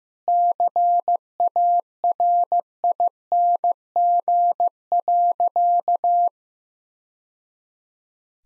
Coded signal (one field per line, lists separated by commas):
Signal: Morse code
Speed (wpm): 15 wpm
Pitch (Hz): 700 Hz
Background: none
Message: CARING.